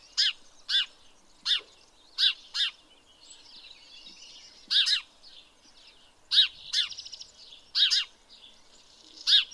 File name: Passer domesticus